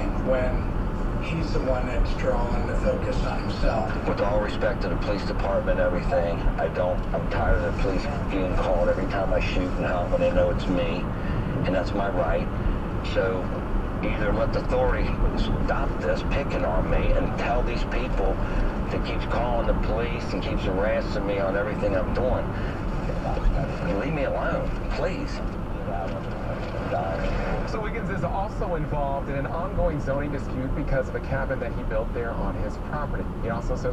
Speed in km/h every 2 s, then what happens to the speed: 71, 74, 76, 76, 74, 72, 72, 72, 74, 74, 72, 66, 60, 56, 53, 53, 53.
0-19 steady at about 74. 19-28 slows to 53. 28-34 steady at about 53.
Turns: none.